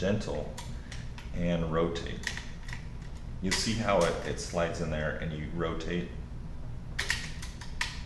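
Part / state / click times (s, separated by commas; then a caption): rotating insert locking into the airsoft rifle body / seated / 7.0 s, 7.8 s. Someone talks while reassembling an APS M4 airsoft rifle, sliding a part into the receiver and rotating it. Sharp clicks come at 7.0 s and 7.8 s as the rotating insert locks in place, sitting basically flush in the rifle body.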